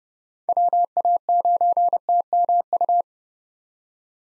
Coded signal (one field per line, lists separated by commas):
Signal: Morse code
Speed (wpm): 30 wpm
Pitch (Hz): 700 Hz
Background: none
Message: WA9TMU